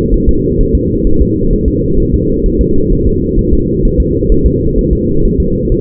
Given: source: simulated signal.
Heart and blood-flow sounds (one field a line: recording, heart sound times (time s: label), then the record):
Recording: fetal heart sounds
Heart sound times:
0.14 s: S1
0.29 s: S2
0.61 s: S1
0.75 s: S2
1.07 s: S1
1.21 s: S2
1.53 s: S1
1.68 s: S2
2.00 s: S1
2.14 s: S2
2.46 s: S1
2.61 s: S2
2.93 s: S1
3.07 s: S2
3.39 s: S1
3.53 s: S2
3.85 s: S1
4.00 s: S2
4.32 s: S1
4.46 s: S2
4.79 s: S1
4.93 s: S2
5.25 s: S1
5.40 s: S2
5.72 s: S1
From the record:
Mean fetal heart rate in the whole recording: 130 bpm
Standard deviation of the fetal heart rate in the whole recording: 4 bpm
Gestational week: 38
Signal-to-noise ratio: -16.4 dB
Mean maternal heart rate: 72 bpm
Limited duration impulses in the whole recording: present